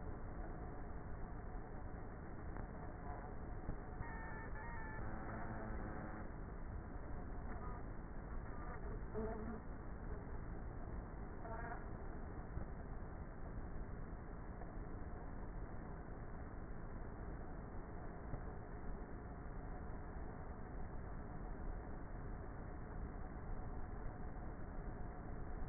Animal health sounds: honeybee colony, microphone inside the hive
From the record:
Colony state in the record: queenless with a low population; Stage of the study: before two queens were removed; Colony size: about 30,000 bees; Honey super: no

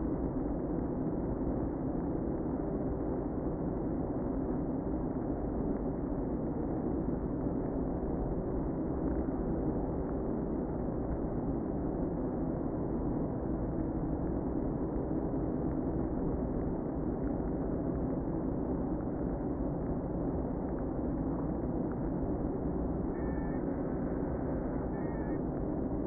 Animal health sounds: honeybee colony, microphone inside the hive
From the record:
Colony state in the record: queen present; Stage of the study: before two queens were removed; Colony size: about 60,000 bees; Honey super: yes

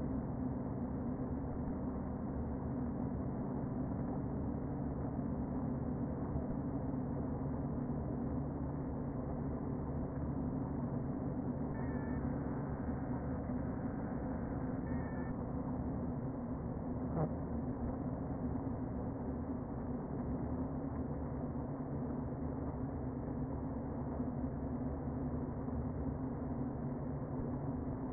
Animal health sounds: honeybee colony, microphone inside the hive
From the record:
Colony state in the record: queen present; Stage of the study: before two queens were removed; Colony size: about 60,000 bees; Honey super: yes

